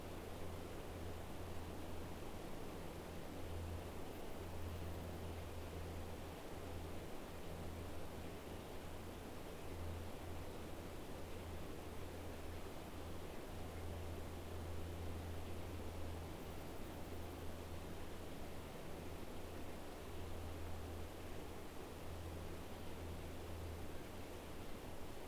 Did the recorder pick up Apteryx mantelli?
no